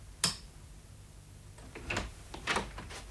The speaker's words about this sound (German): Und die Tür ist auf.